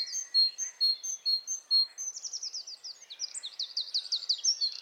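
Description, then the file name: Great tit calls: a rapid series of high, sharp chirping notes, with a busier run of slurred notes in the second half. "Parus major"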